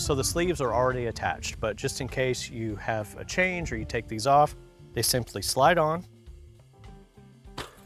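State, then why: Seated. Someone talks over background music while a fabric/plastic grow sleeve is slid onto the wire rack of a vertical greenhouse system. A short, sharp snap at 7.6 s marks the sleeve seating in place on the rack.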